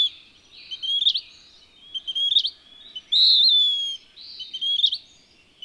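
Western wood-pewee singing hoarse, slurred whistles, a few short rising phrases with a longer downslurred burry note in their midst, all clean and uncluttered.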